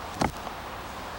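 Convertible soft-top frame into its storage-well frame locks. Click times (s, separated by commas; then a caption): 0.2 s. On a 2002 VW Cabrio, the folded convertible soft top is pressed down in the middle into its storage well until the frame locks engage on both sides. A single sharp click is heard at 0.3 s over a low steady background, showing the top frame locks have seated.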